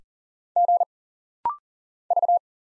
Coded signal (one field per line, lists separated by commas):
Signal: Morse code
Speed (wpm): 39 wpm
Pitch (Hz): 700 Hz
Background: none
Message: G V